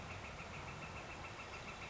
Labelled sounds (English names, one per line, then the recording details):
Northern Flicker
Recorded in Sonoma County, California